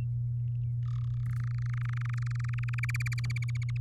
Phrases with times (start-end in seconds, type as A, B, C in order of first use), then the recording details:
1.26-2.80 A, 2.83-3.77 B. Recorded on 7 May 2018 at 16:56. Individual llb16